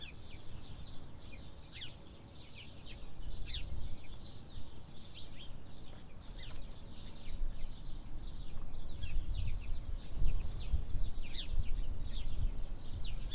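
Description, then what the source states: Sparrows chirping busily in a loose chorus of short downslurred notes while gusty wind roars underneath. Windy conditions.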